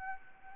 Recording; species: mosquito wingbeat signal from an infrared sensor; Anopheles arabiensis